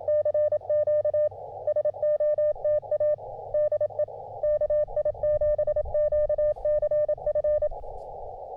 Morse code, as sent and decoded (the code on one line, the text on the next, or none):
-.-. --.- / ... --- - .- / -.. . / -.- .. --... --.- -.-. ..-.
CQ SOTA DE KI7QCF